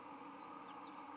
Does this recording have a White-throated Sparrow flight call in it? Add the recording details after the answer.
no. No flight call is heard. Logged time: 11:31 on 10 November 2014